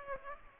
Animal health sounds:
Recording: mosquito wingbeat signal from an infrared sensor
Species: Aedes aegypti

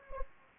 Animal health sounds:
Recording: mosquito wingbeat signal from an infrared sensor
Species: Anopheles gambiae

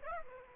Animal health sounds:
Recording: mosquito wingbeat signal from an infrared sensor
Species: Aedes aegypti

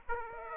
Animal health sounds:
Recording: mosquito wingbeat signal from an infrared sensor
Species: Aedes aegypti

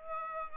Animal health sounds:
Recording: mosquito wingbeat signal from an infrared sensor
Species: Aedes aegypti

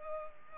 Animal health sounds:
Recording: mosquito wingbeat signal from an infrared sensor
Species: Culex pipiens

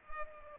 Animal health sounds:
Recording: mosquito wingbeat signal from an infrared sensor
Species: Culex pipiens

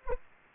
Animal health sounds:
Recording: mosquito wingbeat signal from an infrared sensor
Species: Anopheles arabiensis

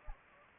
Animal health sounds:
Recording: mosquito wingbeat signal from an infrared sensor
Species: Anopheles gambiae

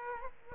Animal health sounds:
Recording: mosquito wingbeat signal from an infrared sensor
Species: Aedes aegypti

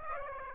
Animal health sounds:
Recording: mosquito wingbeat signal from an infrared sensor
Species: Aedes aegypti

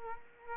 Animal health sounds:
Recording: mosquito wingbeat signal from an infrared sensor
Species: Aedes aegypti

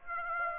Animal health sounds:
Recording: mosquito wingbeat signal from an infrared sensor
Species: Aedes aegypti

